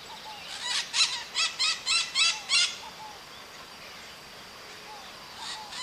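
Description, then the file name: Parrot calls: a quick series of about seven harsh, screechy notes, then quiet, and a final short burst. "Maritaca"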